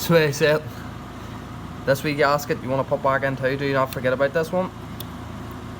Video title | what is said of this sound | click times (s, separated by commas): - How To: Disassemble A DeVilbiss DV1 - | Just clicks in pretty nice. | 5.0 s